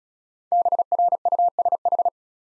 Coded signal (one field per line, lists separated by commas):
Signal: Morse code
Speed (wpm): 35 wpm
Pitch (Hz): 700 Hz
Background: none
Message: BRUSH